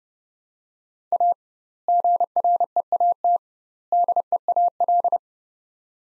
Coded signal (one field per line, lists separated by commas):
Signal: Morse code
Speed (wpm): 30 wpm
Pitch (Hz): 700 Hz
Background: none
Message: A GREAT DEAL